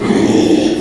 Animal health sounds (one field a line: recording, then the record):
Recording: squeal of a Yucatan mini pig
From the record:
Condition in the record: after surgery on the right vocal fold (resection and tissue-engineered implant)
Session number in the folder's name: 2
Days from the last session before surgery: 13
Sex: male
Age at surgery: 12 weeks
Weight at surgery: 13 kg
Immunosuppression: cyclosporine, prednisolone